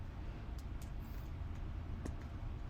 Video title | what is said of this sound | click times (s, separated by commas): Resin winged beaded dragonfly Beebeecraft tutorial | that's in you can sort of feel a little click as it goes in | 2.1 s